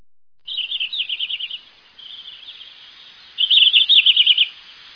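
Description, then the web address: Bird giving rapid, high-pitched chittering trills in two bursts of about a second each, with a softer, fainter trill between them. Recorded in Higashiosaka, Japan. "higashiosaka bird koe"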